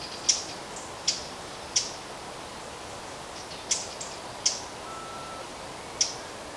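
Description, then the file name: Eurasian blackcap uttering sharp, stone-like tack calls at irregular intervals, six clicks in all, over low background noise. "Sylvia atricapilla"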